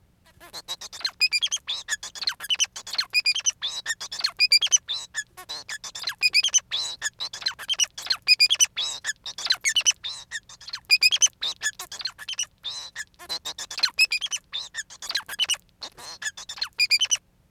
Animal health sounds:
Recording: song of a male Bengalese finch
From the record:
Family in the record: son of father 4

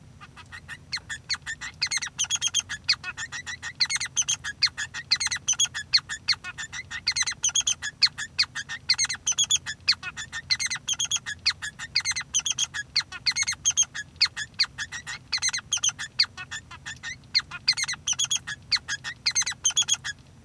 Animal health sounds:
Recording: song of a male Bengalese finch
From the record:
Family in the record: son of father 3

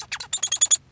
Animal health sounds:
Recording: song of a male Bengalese finch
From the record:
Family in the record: son of father 1

